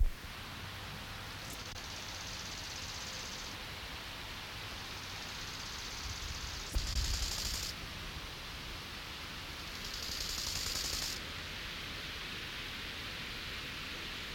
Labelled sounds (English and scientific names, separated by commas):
Bow-winged Grasshopper (Chorthippus biguttulus) stridulation